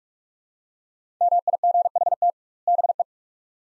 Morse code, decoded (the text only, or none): MIGHT BE